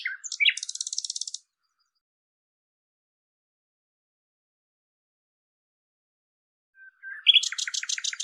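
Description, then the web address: Common nightingale song: a high, buzzy trill at the start, a long silence, then a new phrase of quick repeated notes over a dry rattle. "cianscape birddata Deverinetal 2025 Bird Lu Me Lu Me"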